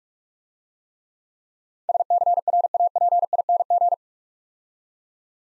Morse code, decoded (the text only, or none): SCRAPING